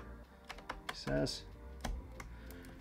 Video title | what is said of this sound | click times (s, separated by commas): Samsung 65QN800A 8K Neo QLED UHD TV Unboxing, Setup and 8K HDR Video Content | with a short one for example it clicks into place there | 0.7 s